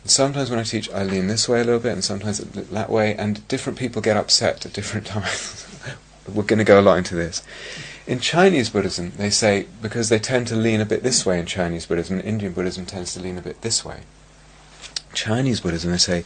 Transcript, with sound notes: Sometimes when I teach, I lean this way a little bit, and sometimes that way, and different people get upset at different times. [laughs] We're going to go a lot into this. In Chinese Buddhism, they say -- because they tend to lean a bit this way in Chinese Buddhism and Indian Buddhism tends to lean a bit this way -- in Chinese Buddhism they say: